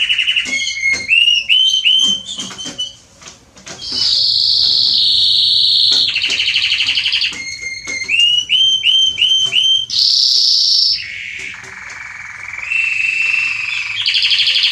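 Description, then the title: Canary song mixing whistled rising slurs, bursts of high buzzy trills and lower rolling phrases, with brief pauses between sections. Male Belgian canary singing a lot, used to warm up and train young canaries. "Canary Training 17 Esquente Seu Filhote E Canario Belga Em 30 Minutos Macho Cantando Muito. CANTO DO CANRIO"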